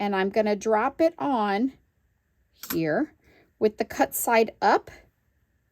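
A thin metal cutting die is lined up, cut side up, over the matching recess of a plastic hybrid embossing folder while someone talks. Only speech is heard, with quiet pauses between phrases. Nothing has seated or clicked yet.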